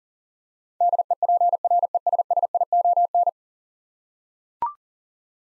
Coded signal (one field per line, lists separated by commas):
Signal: Morse code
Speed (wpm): 40 wpm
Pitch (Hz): 700 Hz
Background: none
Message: DEPRESSION